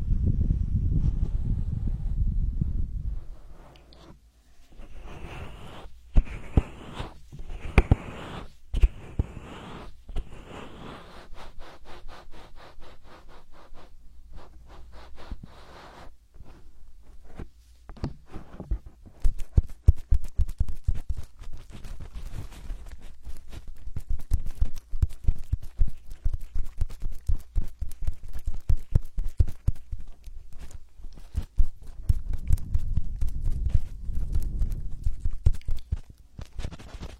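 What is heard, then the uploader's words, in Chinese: A hand massage, opening with a low, muffled rubbing before slower, distinct strokes and taps. From about twenty seconds on, the touches turn into a quick, dense run of patting and tapping, with deeper soft thumps near the end. 手部按摩4（声控助眠）。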